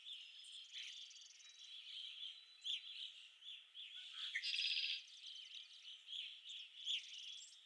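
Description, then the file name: Red-winged blackbird song, a strong buzzy trill around the middle, with ongoing chirps, whistles and thin high notes from a crowded bird chorus. Recorded at Okalees on 5 May 2021. "2021-05-05 RWBL 26 Okalees"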